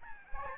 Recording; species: mosquito wingbeat signal from an infrared sensor; Aedes albopictus